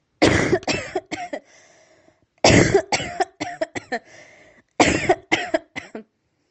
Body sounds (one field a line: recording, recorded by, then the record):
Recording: voluntary cough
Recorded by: messaging app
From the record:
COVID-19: negative